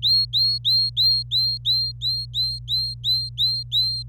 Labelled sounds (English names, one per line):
Domestic Canary song